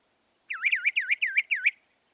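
Northern mockingbird song: a rapid series of five swooping rolling notes repeated in quick succession.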